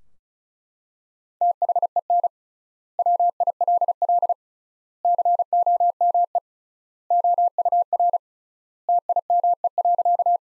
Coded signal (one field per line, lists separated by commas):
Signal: Morse code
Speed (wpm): 36 wpm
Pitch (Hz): 700 Hz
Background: none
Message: THEN WILL COME OUR TIME.